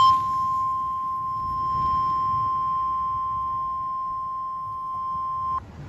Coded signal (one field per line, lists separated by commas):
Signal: Emergency Alert System (SAME) tones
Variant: 1050 Hz attention tone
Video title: EAS #65 Severe Thunderstorm Warning For MY COUNTY On NWR